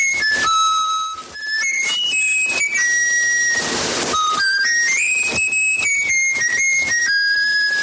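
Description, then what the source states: Eurasian bullfinch whistling a taught melody of clear pure notes stepping up and down in tune, with a brief noisy burst midway through. Trained bullfinch reproducing whistled melodies it was taught.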